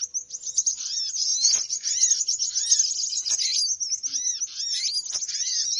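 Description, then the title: Birds chattering busily, high sharp twitters packed closely together, with scattered arched lower notes and brief clicks. Lure sound played to attract birds; title says many noisy birds gather close as soon as it is played. "Suara Pikat Burung Ribut"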